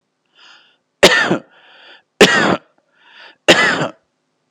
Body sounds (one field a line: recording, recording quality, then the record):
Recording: heavy voluntary cough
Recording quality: excellent, no background noise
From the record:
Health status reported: healthy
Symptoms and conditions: hypertension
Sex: male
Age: 49 years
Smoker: not ticked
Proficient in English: yes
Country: India